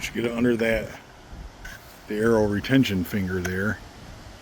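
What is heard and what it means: A part of an Excalibur Hybrid-X crossbow is worked in under the arrow retention finger on the rail while someone talks. A brief sharp sound comes at about 1.7 s between the speech. The part is handled but has not seated or clicked into place yet.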